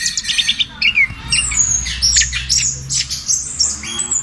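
Bird calls, short squeaky chirps and brief whistled notes given in uneven bursts, some harsh, with small gaps between them.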